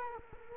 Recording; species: mosquito wingbeat signal from an infrared sensor; Culex quinquefasciatus